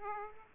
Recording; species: mosquito wingbeat signal from an infrared sensor; Aedes aegypti